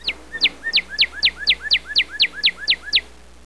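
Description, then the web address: Bird calls: a fast series of sharp descending chirps with softer notes between them, over a steady low hum. "特酷声音素材库 动物 鸟 Bird"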